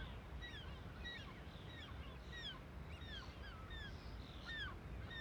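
Gulls giving alarm calls: scattered high, sharp, sliding squeals from several birds, several notes each second, over a steady low background rumble.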